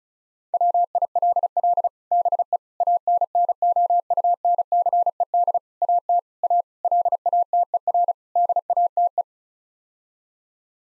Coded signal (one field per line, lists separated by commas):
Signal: Morse code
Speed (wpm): 34 wpm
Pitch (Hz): 700 Hz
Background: none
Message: WILL BE ANNOUNCED AT A LATER DATE